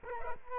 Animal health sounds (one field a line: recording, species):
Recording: mosquito wingbeat signal from an infrared sensor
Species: Culex quinquefasciatus